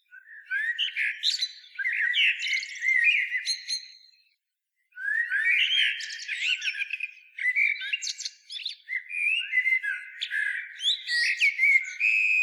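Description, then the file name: Common blackbird delivering warbled phrases of fluty whistles and squeaky twitters, separated by a silent gap after about four seconds, then several more busy phrases. "Turdus merula"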